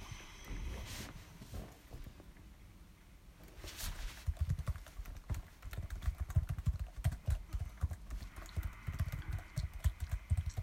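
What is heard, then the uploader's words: Crunching and chewing sounds with quick, clicky taps like typing come in dense bursts, growing busier after about four seconds. Low thumps mix with sharp bright clicks throughout, and a faint steady murmur of anime audio sits in the background. Sʟᴜʀᴘɪɴɢ, ᴄʜᴇᴡɪɴɢ, ᴄʀᴜɴᴄʜɪɴɢ, ᴛʏᴘɪɴɢ, sᴛɪʀʀɪɴɢ ᴀɴᴅ ᴀʟsᴏ ᴀɴɪᴍᴇ ɪɴ ᴛʜᴇ ʙᴀᴄᴋɢʀᴏᴜɴᴅ.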